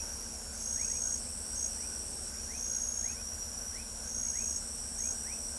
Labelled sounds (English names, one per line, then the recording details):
none
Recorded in pastures near Pivijay, Magdalena, Colombia, on 2 June 2023 at 23:00
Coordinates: 10.456, -74.369
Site P6-G026